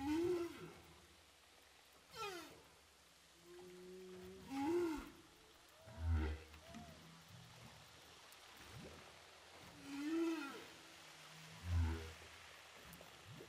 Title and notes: Baleines à bosse enregistrées à l'hydrophone DPA au large de saint Paul de la réunion